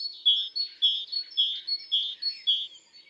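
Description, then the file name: Great tit giving a steady series of sharp, high two-part notes, about five in three seconds, clear against a quiet background. "Parus major"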